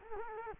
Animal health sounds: mosquito wingbeat signal from an infrared sensor; Culex quinquefasciatus

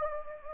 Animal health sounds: mosquito wingbeat signal from an infrared sensor; Anopheles gambiae

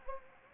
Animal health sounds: mosquito wingbeat signal from an infrared sensor; Anopheles gambiae

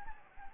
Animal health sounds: mosquito wingbeat signal from an infrared sensor; Anopheles gambiae

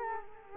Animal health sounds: mosquito wingbeat signal from an infrared sensor; Culex quinquefasciatus

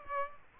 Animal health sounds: mosquito wingbeat signal from an infrared sensor; Aedes aegypti

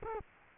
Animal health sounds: mosquito wingbeat signal from an infrared sensor; Culex quinquefasciatus

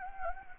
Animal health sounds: mosquito wingbeat signal from an infrared sensor; Anopheles gambiae

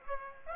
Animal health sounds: mosquito wingbeat signal from an infrared sensor; Aedes aegypti

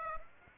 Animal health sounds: mosquito wingbeat signal from an infrared sensor; Aedes aegypti

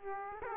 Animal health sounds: mosquito wingbeat signal from an infrared sensor; Aedes aegypti

